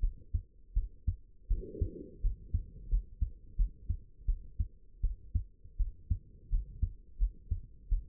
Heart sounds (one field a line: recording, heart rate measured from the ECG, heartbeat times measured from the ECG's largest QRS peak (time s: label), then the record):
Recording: heart sounds by stethoscope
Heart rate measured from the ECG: 84 bpm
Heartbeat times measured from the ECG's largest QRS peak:
0.01 s: heartbeat
0.74 s: heartbeat
1.48 s: heartbeat
2.22 s: heartbeat
2.89 s: heartbeat
3.57 s: heartbeat
4.26 s: heartbeat
5.01 s: heartbeat
5.77 s: heartbeat
6.50 s: heartbeat
7.18 s: heartbeat
7.89 s: heartbeat
From the record:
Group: healthy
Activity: rest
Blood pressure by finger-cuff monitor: 76/38 mmHg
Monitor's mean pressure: 54 mmHg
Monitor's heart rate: 82 bpm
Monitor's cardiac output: 8.8 L/min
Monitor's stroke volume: 105 mL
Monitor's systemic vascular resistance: 410 dyn s/cm5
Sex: female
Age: 22 years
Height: 161 cm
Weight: 65.5 kg